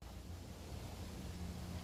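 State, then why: Not seated. A new plastic interior door handle for a Chevrolet Cobalt SS is positioned and lined up in its opening in the car door panel, ready to be pushed down. Only a steady, broadband rushing noise with a low rumble is heard, with no distinct sharp sounds. Nothing has snapped or clicked into place yet.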